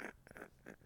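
Brief gurgling, rumbling bursts from an adult's belly: ordinary stomach growling, with many noises, as the stomach adjusts after a very large meal.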